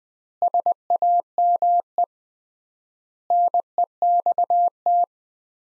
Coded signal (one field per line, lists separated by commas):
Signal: Morse code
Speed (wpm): 21 wpm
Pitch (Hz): 700 Hz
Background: none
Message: SAME NEXT